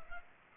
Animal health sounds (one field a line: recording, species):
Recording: mosquito wingbeat signal from an infrared sensor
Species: Culex pipiens